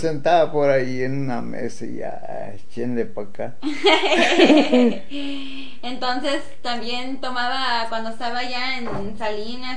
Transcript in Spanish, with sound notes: Yo me sentaba por ahí en una mesa y ya, échenle pa acá. (risas)
Entonces, ¿también tomaba cuando estaba allá en Salinas?